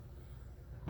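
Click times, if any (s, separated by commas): none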